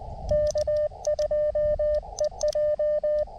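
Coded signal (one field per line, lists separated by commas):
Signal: Morse code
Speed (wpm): 20 wpm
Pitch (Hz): 600 Hz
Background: radio noise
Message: K2EJ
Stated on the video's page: Early morning CW park activation with Elecraft KX2 and Gabil GRA-7350TC antenna; key sounds exaggerated loud by close camera.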